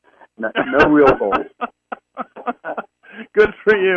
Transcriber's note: laughs